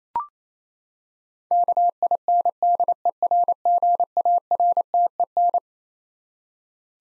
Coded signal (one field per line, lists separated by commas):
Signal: Morse code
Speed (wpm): 27 wpm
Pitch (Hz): 700 Hz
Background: none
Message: KINDERGARTEN